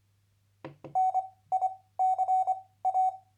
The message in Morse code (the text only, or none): NICA